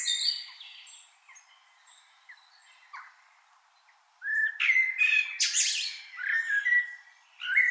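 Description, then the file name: Common blackbird calls: a brief squeaky opening, several quiet seconds, then loud harsh squawks and chattering notes in quick succession. "Turdus merula"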